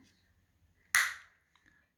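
A screwdriver tip is pushed into the seam of a plastic Skoda Octavia car key fob, on the side opposite the buttons, and levered gently to pry the shell open and reach the CR2025 coin cell. One sharp, loud click at 0.95 s stands out against faint low background noise and rings down over about a third of a second, with a faint tick near 1.7 s. The plastic battery cover clicks open and is released.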